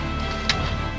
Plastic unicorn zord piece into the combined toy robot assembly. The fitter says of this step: Yeah, I I think it snaps into place there.